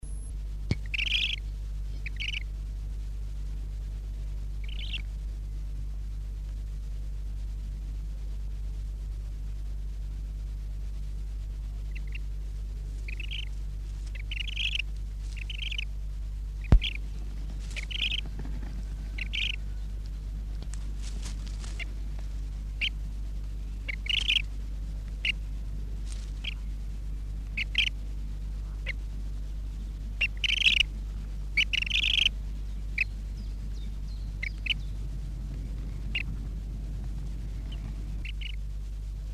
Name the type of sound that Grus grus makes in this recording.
call